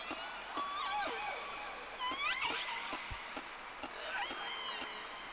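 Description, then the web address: Whale whistles, a run of rising and curving tonal sweeps overlapping one another, punctuated by sharp clicks over constant underwater hiss. Two whales, recorded 3 October 2006 at about 11:30. "Sea Snake 10-3-06 Whales X 2 11-30"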